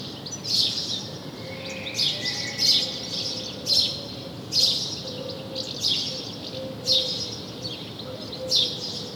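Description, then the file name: House sparrow chirping in loud bursts about every second, harsh and buzzy, with faint low tones in the background. "Passer domesticus"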